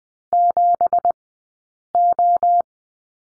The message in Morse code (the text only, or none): 7O